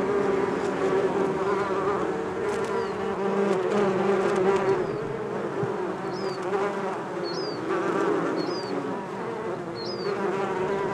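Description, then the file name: Bees buzzing in a steady drone while a bird gives several short high chirps in the second half. "benboncan bees"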